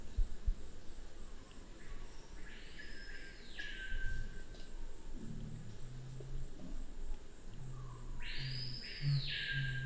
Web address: sound Black-curassow. صدای-پرنده-کاکل-فری-سیاه